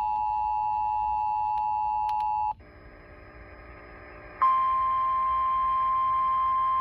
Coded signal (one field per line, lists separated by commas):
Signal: Emergency Alert System (SAME) tones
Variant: 853 and 960 Hz attention tone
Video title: Tornado drills, and sirens that don't go off. (3/7/23 - 3/8/23) (EAS #508 - 521)